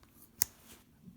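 The small blade of a KA-BAR Coppersmith Barlow slipjoint pocket knife is worked and snaps into position against the backspring in the handle. A single sharp metal snap sounds at 0.4 s, standing well above a quiet background. The blade seats, opening as easily as the larger blade with a good, audible snap.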